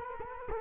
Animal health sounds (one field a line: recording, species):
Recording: mosquito wingbeat signal from an infrared sensor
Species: Culex quinquefasciatus